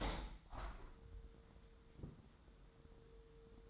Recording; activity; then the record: daily activity, microphone in the room; open window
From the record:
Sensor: 3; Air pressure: 999.9 hPa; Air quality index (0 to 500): 217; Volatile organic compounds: 76 ppm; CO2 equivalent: 3571 ppm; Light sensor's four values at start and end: 9/22/9/9 and 10/23/9/9